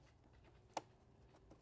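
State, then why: Seated. An electrical connector is plugged onto the sensor on the intake ductwork of a Mercedes S65 AMG. One sharp, bright click sounds at 0.8 s over a low steady background, with only faint soft ticks afterward. The connector clicks in and is seated.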